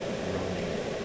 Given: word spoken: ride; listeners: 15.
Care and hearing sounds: one English word in noise, from a listening test; speech-shaped noise; -4.8 dB; 1 of 15; 8 of 15; 0.65 s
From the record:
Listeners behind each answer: 8, 1, 1, 1, 1, 1, 1, 1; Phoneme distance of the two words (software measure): 34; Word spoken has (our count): 1 syllable, 3 phonemes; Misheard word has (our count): 2 syllables, 5 phonemes, stress on syllable 1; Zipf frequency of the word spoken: 4.78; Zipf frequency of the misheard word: 5.26

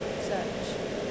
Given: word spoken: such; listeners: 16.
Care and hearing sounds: one English word in noise, from a listening test; speech-shaped noise; -6.0 dB; 0 of 16; 14 of 16; 0.72 s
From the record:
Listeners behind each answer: 14, 1, 1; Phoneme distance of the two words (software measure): 10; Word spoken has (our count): 1 syllable, 3 phonemes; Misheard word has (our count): 1 syllable, 3 phonemes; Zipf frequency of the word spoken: 5.50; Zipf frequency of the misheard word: 4.81

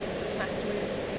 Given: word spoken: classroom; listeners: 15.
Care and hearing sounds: one English word in noise, from a listening test; speech-shaped noise; -6.0 dB; 3 of 15; 9 of 15; 0.79 s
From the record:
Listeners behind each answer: 9, 3, 1, 1, 1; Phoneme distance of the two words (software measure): 37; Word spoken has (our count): 2 syllables, 7 phonemes, stress on syllable 1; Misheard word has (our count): 2 syllables, 6 phonemes, stress on syllable 1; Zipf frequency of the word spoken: 3.89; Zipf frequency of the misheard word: 4.81

